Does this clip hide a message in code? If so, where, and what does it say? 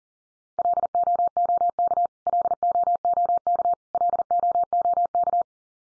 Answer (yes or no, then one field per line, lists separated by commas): yes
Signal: Morse code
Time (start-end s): 0.6-5.4 s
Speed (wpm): 40 wpm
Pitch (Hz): 700 Hz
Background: none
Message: LOOK LOOK LOOK